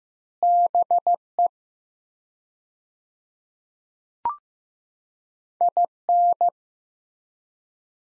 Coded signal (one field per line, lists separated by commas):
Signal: Morse code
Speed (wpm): 15 wpm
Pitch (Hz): 700 Hz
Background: none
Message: BE IN